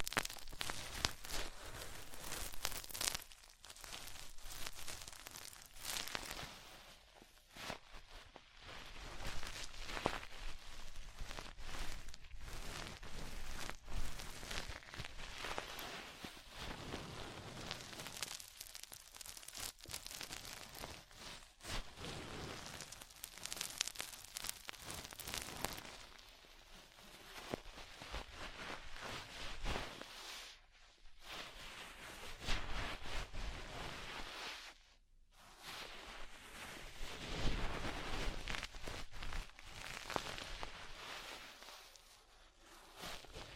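An ear-cleaning ASMR session of dense, crackly scratching and rustling that keeps changing in texture, mostly bright and busy. Brief quiet gaps break it up around 31 and 35 seconds, and louder stretches come near 10, 20 and 40 seconds.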